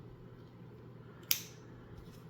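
A PCL-854 radio heatsink assembly is unclipped and popped off a DIN rail right after being snapped on. One loud, sharp snap comes at 1.3 seconds over a low steady hum, and the module comes free of the rail.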